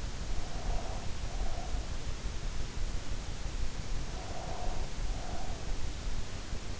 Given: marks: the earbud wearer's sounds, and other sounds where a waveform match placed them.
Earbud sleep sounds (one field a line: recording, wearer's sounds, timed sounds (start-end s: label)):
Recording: sounds in sleep by an in-ear microphone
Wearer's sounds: breath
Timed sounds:
0.34-2.09 s: breath
4.04-5.70 s: breath